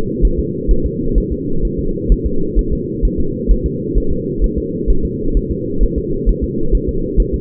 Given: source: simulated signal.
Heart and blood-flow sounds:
fetal heart sounds
0.25 s: S1
0.40 s: S2
0.71 s: S1
0.86 s: S2
1.18 s: S1
1.32 s: S2
1.65 s: S1
1.79 s: S2
2.12 s: S1
2.26 s: S2
2.59 s: S1
2.73 s: S2
3.05 s: S1
3.20 s: S2
3.51 s: S1
3.66 s: S2
3.97 s: S1
4.12 s: S2
4.44 s: S1
4.58 s: S2
4.90 s: S1
5.05 s: S2
5.37 s: S1
5.51 s: S2
5.83 s: S1
5.98 s: S2
6.29 s: S1
6.44 s: S2
6.75 s: S1
6.89 s: S2
7.20 s: S1
7.34 s: S2
From the record:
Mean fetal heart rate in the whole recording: 130 bpm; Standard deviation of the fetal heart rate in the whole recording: 2 bpm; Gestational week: 36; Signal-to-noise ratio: -8.1 dB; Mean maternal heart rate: 72 bpm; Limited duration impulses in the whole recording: absent

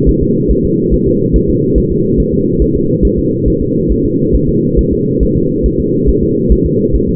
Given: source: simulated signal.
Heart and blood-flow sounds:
fetal heart sounds
0.09 s: S1
0.23 s: S2
0.51 s: S1
0.65 s: S2
0.94 s: S1
1.08 s: S2
1.36 s: S1
1.50 s: S2
1.78 s: S1
1.92 s: S2
2.20 s: S1
2.34 s: S2
2.62 s: S1
2.76 s: S2
3.05 s: S1
3.19 s: S2
3.48 s: S1
3.62 s: S2
3.92 s: S1
4.05 s: S2
4.35 s: S1
4.49 s: S2
4.79 s: S1
4.93 s: S2
5.23 s: S1
5.37 s: S2
5.66 s: S1
5.80 s: S2
6.09 s: S1
6.23 s: S2
6.52 s: S1
6.66 s: S2
6.95 s: S1
7.09 s: S2
From the record:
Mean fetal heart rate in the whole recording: 140 bpm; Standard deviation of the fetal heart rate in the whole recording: 2 bpm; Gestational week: 34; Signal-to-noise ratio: -11.2 dB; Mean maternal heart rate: 72 bpm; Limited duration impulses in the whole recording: present

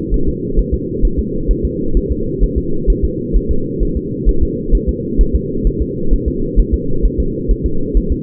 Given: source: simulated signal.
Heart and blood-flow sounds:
fetal heart sounds
0.14 s: S1
0.28 s: S2
0.59 s: S1
0.74 s: S2
1.05 s: S1
1.19 s: S2
1.51 s: S1
1.65 s: S2
1.97 s: S1
2.12 s: S2
2.44 s: S1
2.58 s: S2
2.90 s: S1
3.05 s: S2
3.37 s: S1
3.51 s: S2
3.83 s: S1
3.97 s: S2
4.29 s: S1
4.43 s: S2
4.75 s: S1
4.89 s: S2
5.21 s: S1
5.35 s: S2
5.67 s: S1
5.82 s: S2
6.13 s: S1
6.28 s: S2
6.59 s: S1
6.74 s: S2
7.06 s: S1
7.20 s: S2
7.51 s: S1
7.66 s: S2
7.97 s: S1
8.12 s: S2
From the record:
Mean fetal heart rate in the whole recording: 130 bpm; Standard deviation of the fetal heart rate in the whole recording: 2 bpm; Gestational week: 36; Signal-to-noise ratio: -8.1 dB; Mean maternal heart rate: 72 bpm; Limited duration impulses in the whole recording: absent

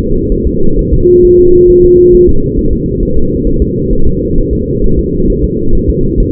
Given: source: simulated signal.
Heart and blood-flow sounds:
fetal heart sounds
0.32 s: S1
0.47 s: S2
0.79 s: S1
0.93 s: S2
1.25 s: S1
1.39 s: S2
1.70 s: S1
1.85 s: S2
2.15 s: S1
2.29 s: S2
2.59 s: S1
2.73 s: S2
3.03 s: S1
3.17 s: S2
3.47 s: S1
3.62 s: S2
3.93 s: S1
4.07 s: S2
4.38 s: S1
4.53 s: S2
4.84 s: S1
4.99 s: S2
5.30 s: S1
5.44 s: S2
5.75 s: S1
5.90 s: S2
6.20 s: S1
From the record:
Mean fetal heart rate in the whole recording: 130 bpm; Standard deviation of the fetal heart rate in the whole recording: 4 bpm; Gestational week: 38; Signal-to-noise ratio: -19.1 dB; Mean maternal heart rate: 72 bpm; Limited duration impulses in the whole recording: present

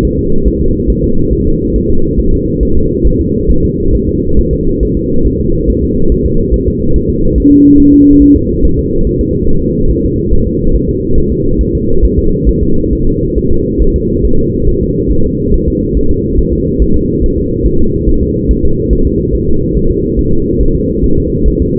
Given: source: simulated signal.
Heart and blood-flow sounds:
fetal heart sounds
0.05 s: S1
0.19 s: S2
0.47 s: S1
0.62 s: S2
0.90 s: S1
1.04 s: S2
1.33 s: S1
1.47 s: S2
1.76 s: S1
1.90 s: S2
2.19 s: S1
2.34 s: S2
2.63 s: S1
2.77 s: S2
3.07 s: S1
3.21 s: S2
3.50 s: S1
3.65 s: S2
3.95 s: S1
4.09 s: S2
4.39 s: S1
4.53 s: S2
4.83 s: S1
4.97 s: S2
5.27 s: S1
5.41 s: S2
5.70 s: S1
5.84 s: S2
6.12 s: S1
6.26 s: S2
6.54 s: S1
6.68 s: S2
6.96 s: S1
7.10 s: S2
7.38 s: S1
7.52 s: S2
7.80 s: S1
7.94 s: S2
8.22 s: S1
8.36 s: S2
8.65 s: S1
8.79 s: S2
9.07 s: S1
9.21 s: S2
9.49 s: S1
9.63 s: S2
9.91 s: S1
10.05 s: S2
10.33 s: S1
10.47 s: S2
10.75 s: S1
10.89 s: S2
11.18 s: S1
11.32 s: S2
11.61 s: S1
11.75 s: S2
12.05 s: S1
12.19 s: S2
12.49 s: S1
12.63 s: S2
12.93 s: S1
13.07 s: S2
13.38 s: S1
13.52 s: S2
13.82 s: S1
13.96 s: S2
14.25 s: S1
14.39 s: S2
14.69 s: S1
14.83 s: S2
15.12 s: S1
15.26 s: S2
15.54 s: S1
15.68 s: S2
15.97 s: S1
16.11 s: S2
16.39 s: S1
16.53 s: S2
16.82 s: S1
16.96 s: S2
17.24 s: S1
17.38 s: S2
17.66 s: S1
17.80 s: S2
18.09 s: S1
18.23 s: S2
18.51 s: S1
18.65 s: S2
18.93 s: S1
19.07 s: S2
19.35 s: S1
19.49 s: S2
19.77 s: S1
19.91 s: S2
20.19 s: S1
20.33 s: S2
20.61 s: S1
20.75 s: S2
21.04 s: S1
21.18 s: S2
21.48 s: S1
21.62 s: S2
From the record:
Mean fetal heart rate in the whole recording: 140 bpm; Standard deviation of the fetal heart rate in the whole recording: 2 bpm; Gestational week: 34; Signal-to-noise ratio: -17.7 dB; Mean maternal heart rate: 72 bpm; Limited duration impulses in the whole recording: present

